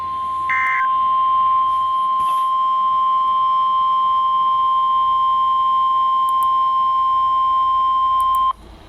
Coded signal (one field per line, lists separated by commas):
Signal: Emergency Alert System (SAME) tones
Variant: 1050 Hz attention tone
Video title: CHAOS ACROSS NEW ENGLAND! - EAS Alerts from 08/08/2023 (EAS #317-#325)